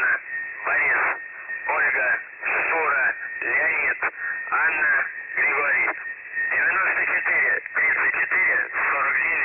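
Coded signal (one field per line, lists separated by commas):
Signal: numbers station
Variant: UVB-76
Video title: The Buzzer/UVB-76 Voice Message (December 4, 2020 10:27 UTC)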